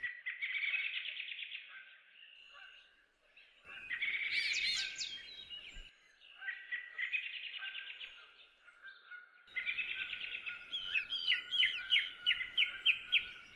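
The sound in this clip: Bird song: trilled buzzy phrases, a sudden bright warble, then rapid sharp repeated notes at the close.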